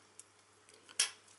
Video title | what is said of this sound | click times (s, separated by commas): Ecran LCD tactile 3 5 pouces et boitier plastique pour Raspberry Pi | ça se clipse effet on | 1.0 s